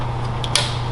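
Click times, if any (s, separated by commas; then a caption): 0.6 s. An injector sub-harness plug is pushed onto a fuel injector, with a steady low hum underneath. A faint tick at 0.4 s is followed by a sharper, brighter click at 0.6 s as the latch clicks on and the plug is seated properly.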